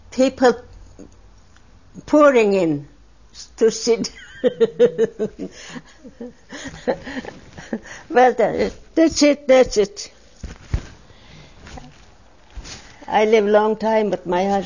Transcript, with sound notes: People pouring in to see this. ( she laughs ) Well, that's it, that's it. I live a long time with my husband.